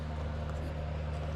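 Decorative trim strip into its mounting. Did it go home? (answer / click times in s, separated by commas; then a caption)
no / none. A small decorative trim strip, a baguette moulding from the kit, is pushed onto its mount over a steady low hum, with one faint tap at 0.5 s. Nothing has seated or clicked yet. The strip does not lock in place and falls out.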